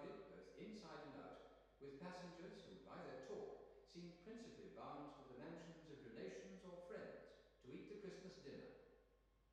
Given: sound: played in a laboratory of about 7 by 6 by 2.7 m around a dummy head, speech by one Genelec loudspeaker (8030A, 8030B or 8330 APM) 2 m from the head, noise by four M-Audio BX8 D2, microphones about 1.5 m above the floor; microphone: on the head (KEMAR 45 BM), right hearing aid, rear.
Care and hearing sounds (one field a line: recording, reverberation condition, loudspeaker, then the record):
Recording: male speech in English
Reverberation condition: high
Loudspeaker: 30 degrees to the left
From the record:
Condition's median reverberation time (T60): about 1300 ms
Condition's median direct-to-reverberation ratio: about -4.0 dB